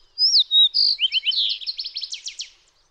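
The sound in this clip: Fox sparrow song: a rising-and-falling whistle, a clear held note, then a quick rhythmic series of bright descending notes that trail off.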